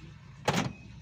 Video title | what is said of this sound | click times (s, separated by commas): KURSUS MENGEMUDI GRATIS - TAHAP 1 (Pengenalan dasar fitur mobil manual lengkap) | Kalau mau ditutup berarti ini tinggal diklik atau pindahin, digeser ke dalam seperti ini. | 0.5 s